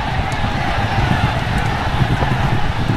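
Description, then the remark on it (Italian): Horses gallop in a race, their hooves pounding in a rapid, steady drumming beneath a thick, continuous roar of noise that stays loud throughout. “La partenza di Seabiscuit non è buona. Il cavallo rimane piuttosto indietro”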